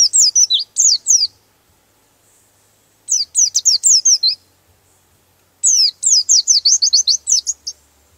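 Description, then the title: White-eye singing three bursts of fast, high, sweeping twittering notes separated by short silences of a second or two. "Pleci"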